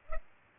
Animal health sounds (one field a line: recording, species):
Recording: mosquito wingbeat signal from an infrared sensor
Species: Culex pipiens